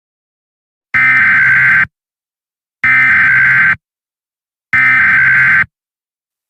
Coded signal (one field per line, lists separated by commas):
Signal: Emergency Alert System (SAME) tones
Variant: header bursts